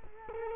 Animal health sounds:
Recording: mosquito wingbeat signal from an infrared sensor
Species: Culex quinquefasciatus

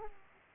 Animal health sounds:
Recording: mosquito wingbeat signal from an infrared sensor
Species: Aedes aegypti

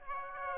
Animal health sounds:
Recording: mosquito wingbeat signal from an infrared sensor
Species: Aedes aegypti

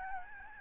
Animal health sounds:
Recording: mosquito wingbeat signal from an infrared sensor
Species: Aedes albopictus

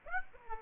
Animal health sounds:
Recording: mosquito wingbeat signal from an infrared sensor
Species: Aedes aegypti

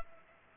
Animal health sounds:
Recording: mosquito wingbeat signal from an infrared sensor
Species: Culex pipiens

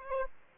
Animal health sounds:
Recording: mosquito wingbeat signal from an infrared sensor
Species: Aedes aegypti

